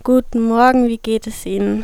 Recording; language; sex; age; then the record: spoken sentence; German; female; 20 to 29 years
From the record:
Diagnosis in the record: recurrent laryngeal nerve paralysis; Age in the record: 21 years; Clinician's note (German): Strumiprive links mit beginnender Kompensation